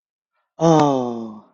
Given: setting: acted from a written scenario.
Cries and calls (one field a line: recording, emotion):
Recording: vocal sound without words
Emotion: adoration